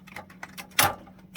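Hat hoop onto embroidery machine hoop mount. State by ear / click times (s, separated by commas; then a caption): seated / 0.8 s. A Hoop Tech Gen 2 hat hoop is pushed onto the embroidery machine's hoop mount after some struggle, with small scraping ticks and knocks beforehand. At 0.8 s it snaps home with one sharp, loud plastic click, and the hoop is seated.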